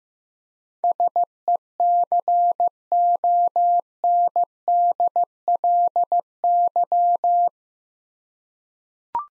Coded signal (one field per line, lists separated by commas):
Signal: Morse code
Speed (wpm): 15 wpm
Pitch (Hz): 700 Hz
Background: none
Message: SECONDLY